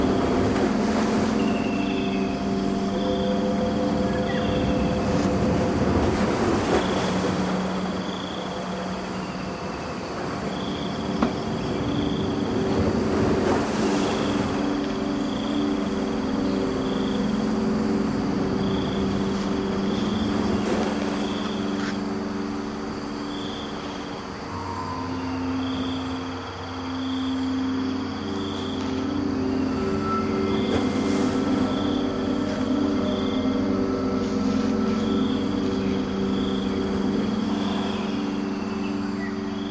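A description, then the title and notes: Cicadas hold a steady high whine through a warm night in Sungai Petani, Malaysia, with short repeated bird calls dotting the middle. A continuous low droning hum runs underneath, shifting pitch around the 24-second mark, and soft whooshing swells pass every several seconds. Adding the sounds of twilight birds giving way to cicadas in the swelter of a night in Sungai Petani, Malaysia.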